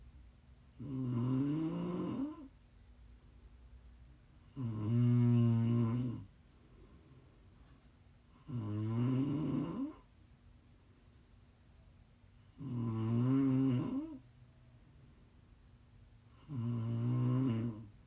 ASMR Snoring. Please enjoy some prime ASMR snoring. You can listen to sleep, to relax, to wind down.